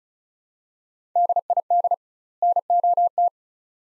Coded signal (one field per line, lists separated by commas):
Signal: Morse code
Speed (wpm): 36 wpm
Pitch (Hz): 700 Hz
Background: none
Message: DID NOT